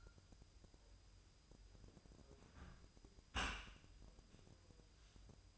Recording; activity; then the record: daily activity, microphone in the room; close dishwasher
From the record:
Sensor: 2